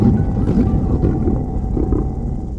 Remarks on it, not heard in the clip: No, that was my stomach. I guess I'm getting hungry. The sound is medically known as borborygmi, and it does indicate hunger, but it's also mostly gas moving around when the muscles of the intestines contract.